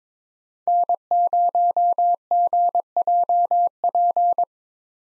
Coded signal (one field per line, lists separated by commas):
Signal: Morse code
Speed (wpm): 21 wpm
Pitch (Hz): 700 Hz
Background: none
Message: N0GJP